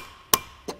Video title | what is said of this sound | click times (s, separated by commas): etrailer - Thule SquareBar Crossbars Installation - 2020 Ford Ranger | you can hear the clicks edge give it a couple more alright | 0.3 s